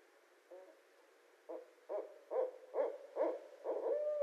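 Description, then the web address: Barred owl calling: low hoots start spaced apart, then come faster and louder, and close with a longer sustained note. Recorded 24 February 2012. "Barred Owl 2012 02 24 Barred Owl"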